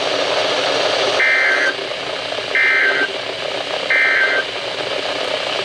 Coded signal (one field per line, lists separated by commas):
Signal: Emergency Alert System (SAME) tones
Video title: Flash Flood Warning on WNG698 - 08-11-2023 (EAS #1,921)